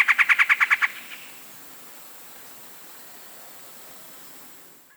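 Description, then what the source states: Yellow-breasted Chat song phrase: a rapid, even series of short repeated notes within about one second, followed by steady hiss. Song; males are very chatty in breeding season, with an eclectic song including croaks, whistles and repeated phrases.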